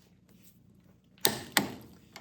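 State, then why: Torque reached. A 3/8 inch click torque wrench, set to 50 ft-lb, is used to check an already tightened steel bolt and nut. It clicks sharply at 1.2 s, and a second similar click follows at 1.6 s. The click confirms the bolt is at least 50 ft-lb.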